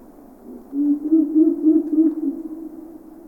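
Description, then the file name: Ural owl giving a deep, wavering hoot that pulses a few times over about two seconds, against a quiet background. "Digiffects Sound Effects Library - Ural Owl"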